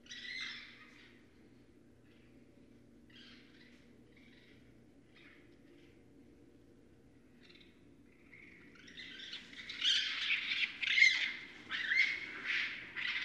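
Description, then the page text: Raccoon squeals: a few short harsh bursts early on, then a loud run of raspy squealing chatter over the last few seconds. Northern raccoon recorded remotely at night on 4 January 2012. "Night Sounds, Pt 6 – Raccoons – Stan Courtney. Raccoon 2012 01 04"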